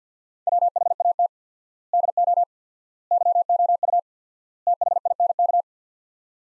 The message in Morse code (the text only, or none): WHAT DO YOU THINK